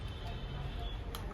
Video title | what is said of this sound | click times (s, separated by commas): How to open & close Hiking & Trekking Pole - Jainsons Adventure Gears, Thane | So just pull it until you hear a clicking sound. | 1.1 s